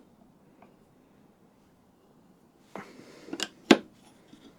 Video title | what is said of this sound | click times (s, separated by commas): Installing & Squaring Up A Hand Plane Blade to the Sole | Still a little bit of a click. Let's go another quarter. | 3.7 s